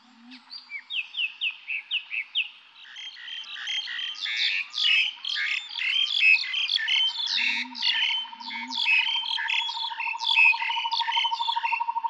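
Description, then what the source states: Birds chirping, starting with a series of falling notes, building into a dense chatter of overlapping high calls, and ending with a fast pulsing trill. Calm forest atmosphere.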